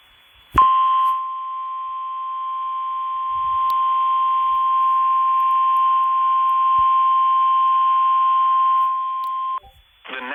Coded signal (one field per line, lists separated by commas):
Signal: Emergency Alert System (SAME) tones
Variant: 1050 Hz attention tone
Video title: EAS #46: Severe Thunderstorm Warning